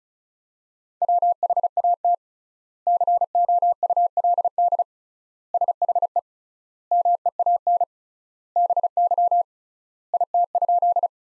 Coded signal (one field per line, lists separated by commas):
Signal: Morse code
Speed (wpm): 36 wpm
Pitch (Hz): 700 Hz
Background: none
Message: WHAT COULD SHE MEAN BY IT?